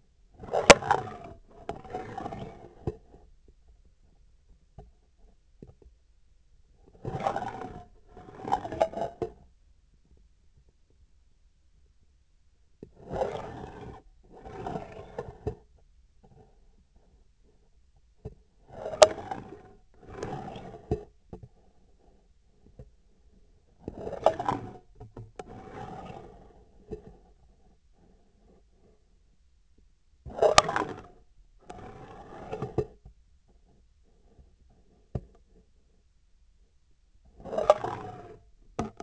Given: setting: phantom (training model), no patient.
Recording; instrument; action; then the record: laparoscopic instrument, vibration sensor on the handle end; scissors; approaching and retracting movements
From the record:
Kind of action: spatial motion